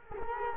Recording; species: mosquito wingbeat signal from an infrared sensor; Culex quinquefasciatus